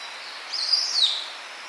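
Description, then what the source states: Sunda cuckooshrike call: a single high, thin whistled note lasting about 0.7 seconds, rising slightly then easing down, over a steady background hiss. Recorded 8 July 2008.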